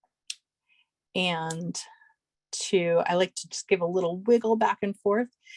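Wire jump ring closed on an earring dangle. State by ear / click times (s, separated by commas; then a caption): seated / 0.3 s. Pliers close a metal wire jump ring on an earring dangle, wiggling the ends back and forth until they meet. A sharp little click sounds at 0.3 s as the jump ring seats fully closed, followed by someone talking.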